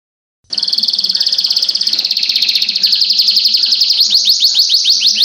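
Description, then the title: Oriental magpie-robin song starting abruptly as a fast, rattling trill of high notes that grows louder and breaks into quick descending sweeps near the end. "Kicau Kacer"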